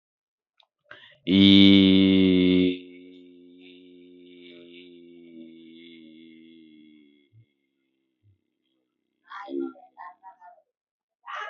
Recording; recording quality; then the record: sustained vowel as in beet; excellent, no background noise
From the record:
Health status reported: respiratory illness, not identified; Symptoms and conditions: cough, breathing difficulty, sore throat, diabetes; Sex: male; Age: 30 years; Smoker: not ticked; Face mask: not worn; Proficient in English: no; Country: India